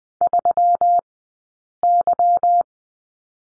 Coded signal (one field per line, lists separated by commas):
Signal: Morse code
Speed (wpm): 20 wpm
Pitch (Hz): 700 Hz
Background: none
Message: 3Y